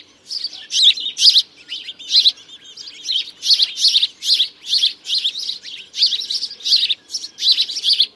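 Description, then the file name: House sparrow chirping, a steady run of bright, repeated chirps about twice a second. "Passer domesticus"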